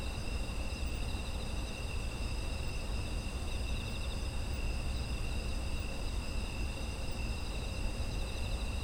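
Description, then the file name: Insect chorus of steady shrill trills at a few different pitches, without pause, set against a low continuous rumble. Ambient chorus of autumn insects. "秋の虫の環境音"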